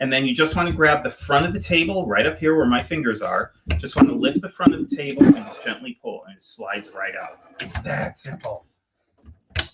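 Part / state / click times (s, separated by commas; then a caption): extension table onto sewing machine free arm / seated / 9.6 s. Someone talks while a wide extension table is lifted and slid off the free arm of a sewing machine, then pushed back onto it. A sharp click at 9.6 s marks the table seating in place on the free arm.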